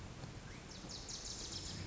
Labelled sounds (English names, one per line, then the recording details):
Wilson's Warbler
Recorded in Sonoma County, California